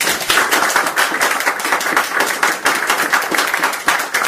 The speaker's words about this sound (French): Applaudissons pour le Seigneur.